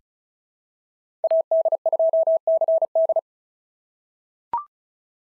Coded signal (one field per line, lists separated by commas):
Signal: Morse code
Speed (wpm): 36 wpm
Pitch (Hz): 650 Hz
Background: none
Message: AD2CD